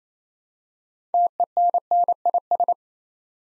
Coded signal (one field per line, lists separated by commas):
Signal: Morse code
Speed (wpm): 29 wpm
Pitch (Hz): 700 Hz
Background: none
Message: TENNIS